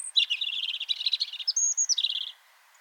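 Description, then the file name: European robin song: a fast rambling phrase of high twittering notes, thin whistles and short trills, lasting about two seconds before stopping. "Erithacus rubecula"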